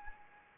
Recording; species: mosquito wingbeat signal from an infrared sensor; Anopheles arabiensis